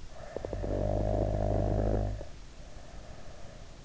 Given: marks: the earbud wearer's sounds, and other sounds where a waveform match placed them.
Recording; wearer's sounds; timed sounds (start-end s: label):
sounds in sleep by an in-ear microphone; snoring breath
0.01-3.71 s: snoring breath